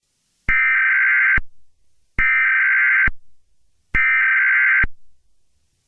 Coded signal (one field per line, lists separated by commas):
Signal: Emergency Alert System (SAME) tones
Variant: header bursts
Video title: 9-29 EAS Scenario